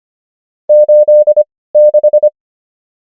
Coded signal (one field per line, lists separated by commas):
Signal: Morse code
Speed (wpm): 25 wpm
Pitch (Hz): 600 Hz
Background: none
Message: 86